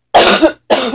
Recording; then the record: coughing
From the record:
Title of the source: 61 morning phlegmy cough...again